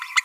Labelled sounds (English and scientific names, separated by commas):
Green-rumped Parrotlet (Forpus passerinus) babbling